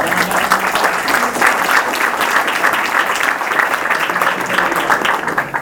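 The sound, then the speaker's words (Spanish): Sustained audience applause for Pietrangelo Chierchia fills the whole stretch, a dense, steady wash of many hands clapping at an even loudness, with a faint murmur of voices mixed in. “Y por favor, un grandísimo aplauso a Pietrangelo.”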